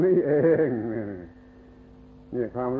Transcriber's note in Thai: /หัวเราะ/